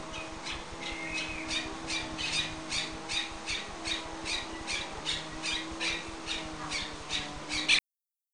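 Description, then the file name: Bird making harsh, raspy squawks in a steady pulsing series over a low humming drone throughout. "bird 2-Ben"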